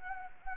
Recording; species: mosquito wingbeat signal from an infrared sensor; Anopheles gambiae